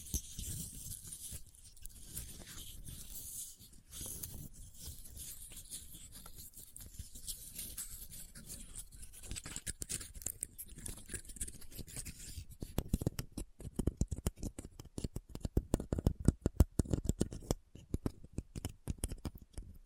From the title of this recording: Christmas Trigger Assortment (No Talking)